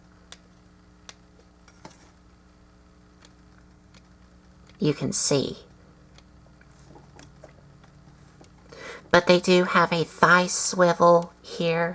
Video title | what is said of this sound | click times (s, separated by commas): Transformers Classics Grimlock | they do not lock into place really well. | none